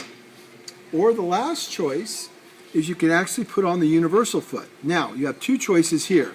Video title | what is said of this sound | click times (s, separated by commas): 3rd Hand: EMT Kit | Or you can use the articulating 3x3 foot which snaps into place and allows full articulation. | 0.7 s